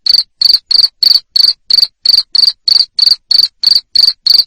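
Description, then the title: Cricket chirps, loud high-pitched buzzy pulses evenly spaced about three per second, with nothing else audible. Loud cricket chirping ('ngerik') played to make lovebirds keep singing ('ngekek'). "Suara JANGKRIK NGERIK Keras Bikin LOVEBIRD Jadi NGEKEK Terus Vubey"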